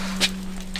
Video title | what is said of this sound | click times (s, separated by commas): How to setup your 10x10 Pop Up Tent Canopy, Super Easy steps! | push it up and it clicks and it's done it's that easy | 0.8 s